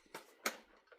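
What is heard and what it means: Metal beaters that had been rinsed and had not clicked in are pushed back into a hand mixer. A softer tap comes at 0.2 s, then one beater snaps into place with a sharp click at 0.5 s, followed by a faint tap near 0.9 s. The beater is seated.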